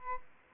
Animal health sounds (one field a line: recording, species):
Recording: mosquito wingbeat signal from an infrared sensor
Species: Aedes albopictus